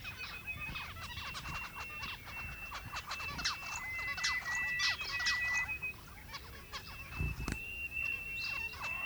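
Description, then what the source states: Zebra finches calling in a busy chorus, many short nasal beeps and buzzy notes overlapping continuously, with a steady hiss and low rumble underneath. More than one zebra finch.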